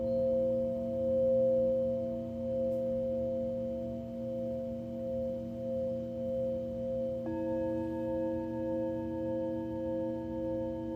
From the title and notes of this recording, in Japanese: メキシコから シンギングボウルのサウンドヒーリング ライブ。